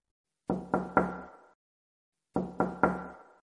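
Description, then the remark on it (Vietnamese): Two sets of three heavy, evenly spaced knocks on the glass of a 12th-floor window in the rain, each strike sharp and resonant with a ringing decay, separated by a pause of silence. No voices. “nhưng chưa kịp ấn nút gọi, kính cửa sổ đột nhiên vang lên tiếng gõ nặng nề, đều đặn.”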